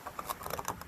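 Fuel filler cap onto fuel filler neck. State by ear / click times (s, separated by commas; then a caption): partly seated / 0.2 s, 0.5 s, 0.6 s, 0.7 s. An aftermarket plastic fuel cap is turned onto the fuel filler neck, its ratchet clicking at about 0.2, 0.5, 0.5, 0.6 and 0.7 seconds as a quick series of sharp, light ticks. Despite the clicks that make it seem tight, the cap does not sit flush and leaks, which sets off the evap code.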